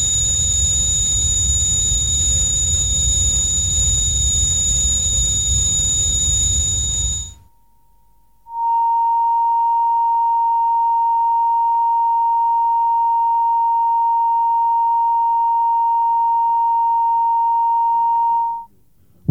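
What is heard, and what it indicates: A high piercing tone over a noisy hiss runs for about seven seconds. After a brief silence, a steady pure whistle near 1 kHz sounds for about ten seconds. Both are synthesized simulations of the continuous ringing heard in tinnitus.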